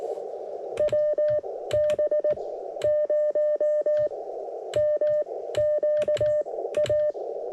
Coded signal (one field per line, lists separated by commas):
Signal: Morse code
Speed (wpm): 18 wpm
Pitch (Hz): 1800 Hz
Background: none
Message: WB0MQA